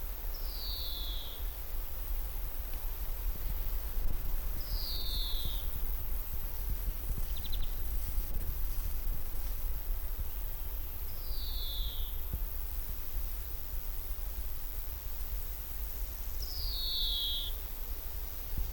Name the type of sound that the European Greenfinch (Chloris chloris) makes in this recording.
call